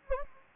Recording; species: mosquito wingbeat signal from an infrared sensor; Anopheles gambiae